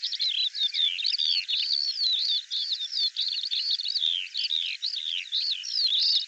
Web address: cianscape birddata Deverinetal 2025 File cleaned normalized Bird